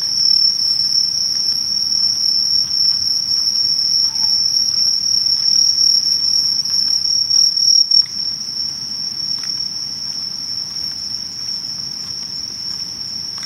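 Insects sing on a summer night walk: a steady, shrill, high trill holds without a break for the whole clip, with fainter, even higher tones above it. A soft low rumble runs underneath, and the sound eases slightly after about eight seconds.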